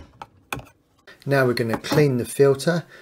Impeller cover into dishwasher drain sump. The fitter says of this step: आइए इस impeller cover को अपने पीछे रखें, बस इसे नीचे दबाएं, यह अपनी जगह पर क्लिप हो जाता है,